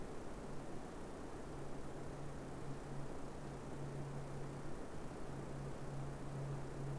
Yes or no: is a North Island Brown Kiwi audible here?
no